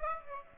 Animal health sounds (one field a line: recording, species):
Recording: mosquito wingbeat signal from an infrared sensor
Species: Aedes aegypti